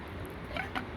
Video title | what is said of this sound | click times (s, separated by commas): REDCAMP 0.8L Mini Outdoor Camping Kettle | but nice how it stands straight up locks into place well made | 0.6 s